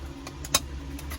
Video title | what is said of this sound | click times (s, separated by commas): 2011 Jeep Grand Cherokee - Center Dash Panel Removal | I can't get the camera over to the show it, but they basically just push those in until they kind of snap in place, and there's only one way they go in. Just like that. | 0.5 s